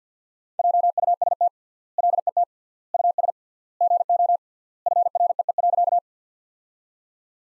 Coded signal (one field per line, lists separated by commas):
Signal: Morse code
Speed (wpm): 50 wpm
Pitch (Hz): 700 Hz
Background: none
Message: JUST LET US GO FREE.